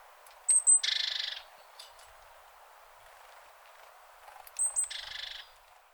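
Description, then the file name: Great tit calls: a pair of high piercing notes leading into a grating, buzzy churr, heard twice, about four seconds apart, with faint ticks in between. "Parus major"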